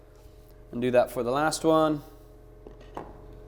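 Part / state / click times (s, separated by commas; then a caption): wooden leg into the snap-lock joint of a side table/stool top / seated / 3.0 s. Someone talks, then the last wooden leg is hooked into the side table/stool top by its back tooth and pressed forward. A faint knock comes at 2.7 s, and the snap-lock joint clicks into place at 3.0 s, locking the leg in.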